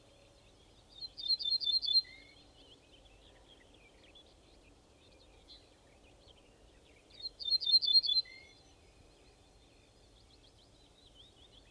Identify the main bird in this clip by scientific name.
Emberiza hortulana